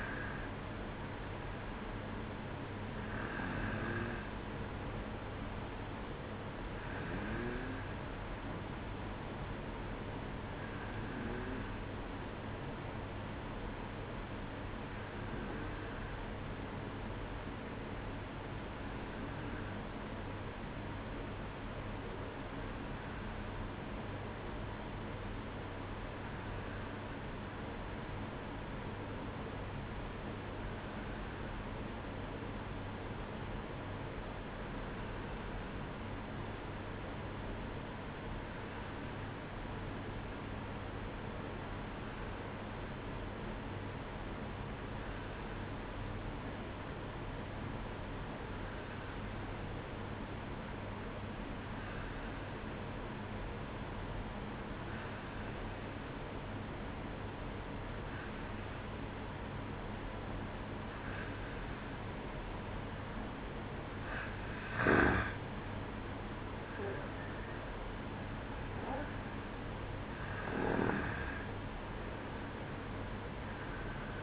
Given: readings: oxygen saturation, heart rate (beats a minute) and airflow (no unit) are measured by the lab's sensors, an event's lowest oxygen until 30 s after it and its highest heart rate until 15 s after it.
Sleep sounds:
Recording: breathing in sleep by a voice recorder at the bedside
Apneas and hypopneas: 1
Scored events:
14.00-64.10 s: hypopnea (N2, oxygen 95% highest, then 90% lowest, heart rate 58 at the start, 64 highest)
61.00-74.23 s: new sleep stage, N1 (lightest sleep)
From the record:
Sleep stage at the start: N2 (light sleep)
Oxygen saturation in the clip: 91 to 95%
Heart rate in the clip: 57 to 64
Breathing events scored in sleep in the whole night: 305 in 9.6 hours asleep

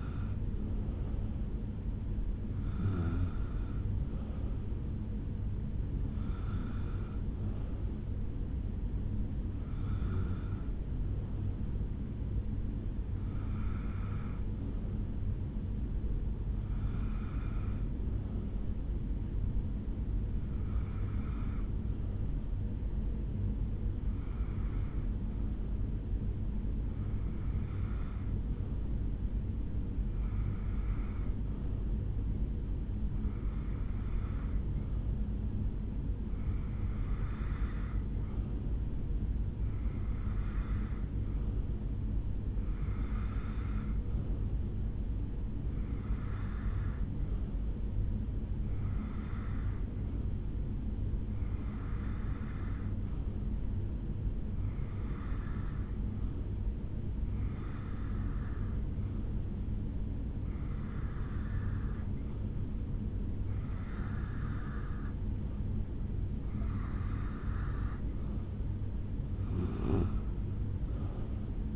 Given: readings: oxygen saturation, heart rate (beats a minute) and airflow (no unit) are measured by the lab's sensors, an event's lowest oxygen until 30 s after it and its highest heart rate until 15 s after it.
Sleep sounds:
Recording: breathing in sleep by a smartphone at the bedside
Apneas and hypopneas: 1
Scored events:
23.00-66.80 s: hypopnea (REM, oxygen 96% highest, then 92% lowest, heart rate 68 at the start, 77 highest)
From the record:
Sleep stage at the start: REM sleep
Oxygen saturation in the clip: 91 to 96%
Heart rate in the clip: 67 to 76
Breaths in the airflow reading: 23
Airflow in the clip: -5.4 to 3.3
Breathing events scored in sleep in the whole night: 449 in 7.0 hours asleep

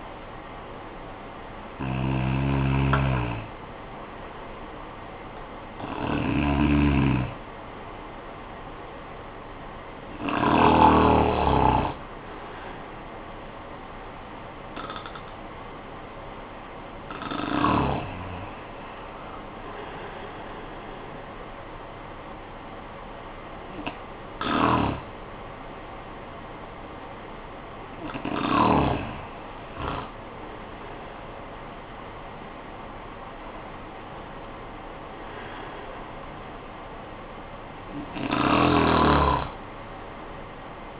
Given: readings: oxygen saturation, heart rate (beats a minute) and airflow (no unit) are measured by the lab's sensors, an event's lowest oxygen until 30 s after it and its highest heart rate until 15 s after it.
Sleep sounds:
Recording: breathing in sleep by a voice recorder at the bedside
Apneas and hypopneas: none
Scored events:
none scored
From the record:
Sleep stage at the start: REM sleep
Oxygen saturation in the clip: 74 to 97%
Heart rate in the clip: 48 to 68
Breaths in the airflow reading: 8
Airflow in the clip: -12.6 to 11.5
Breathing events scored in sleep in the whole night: 445 in 7.6 hours asleep

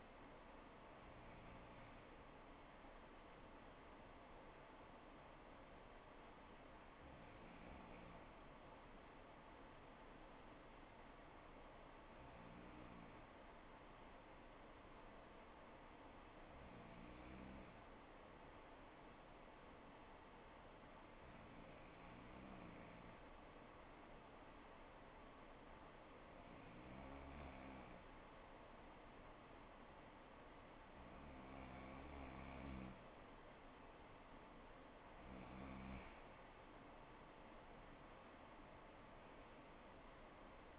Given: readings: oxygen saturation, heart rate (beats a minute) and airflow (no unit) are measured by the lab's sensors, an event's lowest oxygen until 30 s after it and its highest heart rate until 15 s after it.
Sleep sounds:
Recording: breathing in sleep by a voice recorder at the bedside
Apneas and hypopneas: 1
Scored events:
4.00-35.30 s: hypopnea (N2, oxygen 96% highest, then 94% lowest, heart rate 58 at the start, 69 highest)
From the record:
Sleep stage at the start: N2 (light sleep)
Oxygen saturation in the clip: 95 to 96%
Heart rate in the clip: 57 to 69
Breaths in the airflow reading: 9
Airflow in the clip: -5.5 to 6.0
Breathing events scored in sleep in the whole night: 79 in 6.3 hours asleep

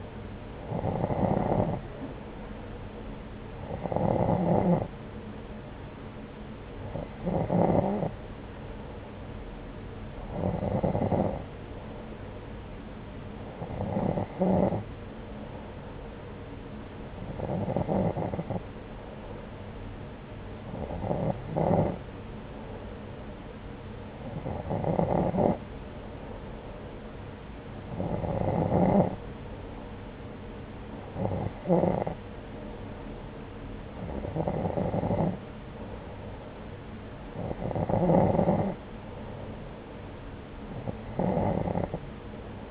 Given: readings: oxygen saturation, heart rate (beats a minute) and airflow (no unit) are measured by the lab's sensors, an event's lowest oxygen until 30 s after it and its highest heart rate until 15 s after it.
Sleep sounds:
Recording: breathing in sleep by a voice recorder at the bedside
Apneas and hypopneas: none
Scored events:
none scored
From the record:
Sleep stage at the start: N2 (light sleep)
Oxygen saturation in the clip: 90 to 91%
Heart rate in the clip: 69 to 78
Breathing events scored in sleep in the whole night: 303 in 8.1 hours asleep

